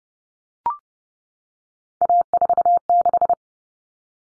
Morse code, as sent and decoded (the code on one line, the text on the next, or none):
.- ....- -....
A46